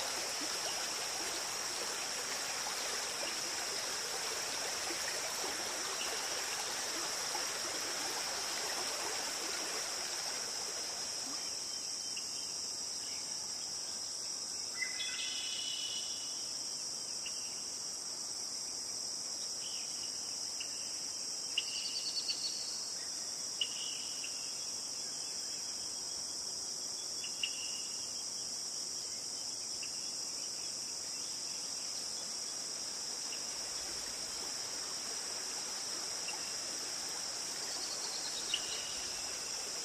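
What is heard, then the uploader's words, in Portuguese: Nature sounds: a steady, high insect drone runs through the whole recording. For the first ten seconds or so, a soft rushing noise like flowing water sits underneath, then fades. After that, brief high chirps come every few seconds. Sons da Natureza.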